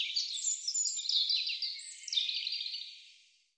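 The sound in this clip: European robin pouring out a continuous, thin and sweet warble of rapid high notes and trills that fades away at the end.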